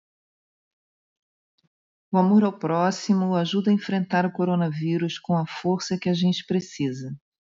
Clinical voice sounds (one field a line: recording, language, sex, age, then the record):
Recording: spoken sentence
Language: Brazilian Portuguese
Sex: female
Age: 50 to 59 years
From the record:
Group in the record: control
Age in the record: 59 years